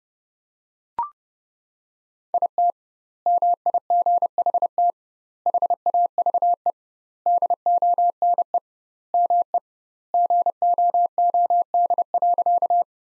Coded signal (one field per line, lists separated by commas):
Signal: Morse code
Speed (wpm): 30 wpm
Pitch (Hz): 700 Hz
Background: none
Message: IT MIGHT HAVE DONE ME GOOD.